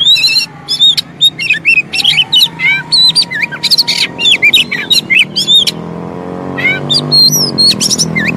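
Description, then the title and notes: Oriental magpie-robin singing energetic, jumbled phrases of twisting whistles, rasping notes and chips, with a faint long low whistle early on. Long-duration fill-in (isian) song material for training kacer to sing actively (gacor) day and night. "Kacer Jadi Gacor Siang Malam. Isian Kacer Durasi Panjang"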